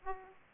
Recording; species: mosquito wingbeat signal from an infrared sensor; Aedes aegypti